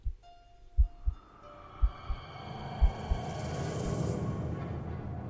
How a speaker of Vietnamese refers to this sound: Lúc này thậm chí tôi như có thể nghe rõ tiếng tim đập.